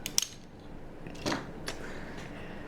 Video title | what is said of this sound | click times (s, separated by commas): Transformers Prime Deluxe Class Lazerback Review | and you will hear a click like that | 0.2 s